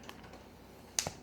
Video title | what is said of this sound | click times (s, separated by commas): Ziparoos // Say Good-Bye to Ziploc! | and you hear that snap so you know that it's closed so | 1.0 s